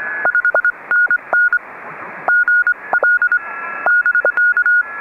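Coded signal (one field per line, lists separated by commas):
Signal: Morse code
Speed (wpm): 24 wpm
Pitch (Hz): 1440 Hz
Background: none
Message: 5NN GL <BK>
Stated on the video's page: Morse sent with a pressure paddle during a combined SOTA/POTA mountaintop activation in high winds, antenna on a carbon fiber mast.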